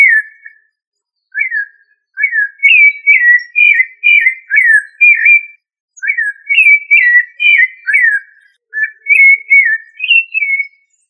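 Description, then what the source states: Thrush song of clear whistled phrases, each a short run of rising and falling notes, delivered in bursts with brief pauses between them. Family Turdidae.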